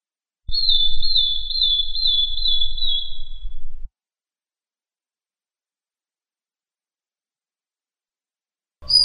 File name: suara kicauan burung madi injap